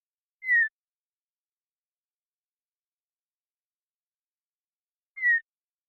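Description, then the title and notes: Western meadowlark: one short downslurred whistle, repeated once after nearly five seconds of quiet. Song, contact calls and flush; Pacific Northwest, Washington, United States. "Western Meadowlark, Sturnella neglecta, song, contact calls, and flush, family: Troupials and Allies Pacific Northwest in Washington, United States"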